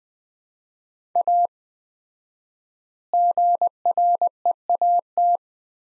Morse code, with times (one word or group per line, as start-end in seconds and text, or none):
1.2-1.5 A
3.1-5.4 GREAT